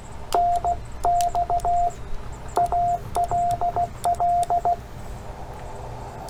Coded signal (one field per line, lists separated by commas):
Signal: Morse code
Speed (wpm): 16 wpm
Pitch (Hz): 700 Hz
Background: radio noise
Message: N X ALL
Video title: POTA Redemption. CW Copy Practice with Subtitles with Ed